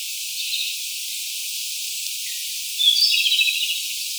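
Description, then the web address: Siberian blue robin song: a short, thin, high phrase of quick twittering notes late, preceded by a faint high note, over a steady background hiss. Recorded on 6 April 2016. "birdenaga koruri"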